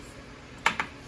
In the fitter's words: battery is Honestly Hot hopefully you've heard that click and it's definitely in there